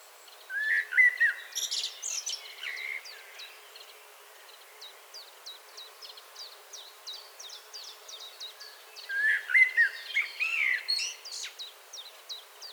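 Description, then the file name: Common blackbird song, two separate low whistled phrases with scratchy high tails, a gap between filled by another bird's rhythmic high chips. "Turdus merula"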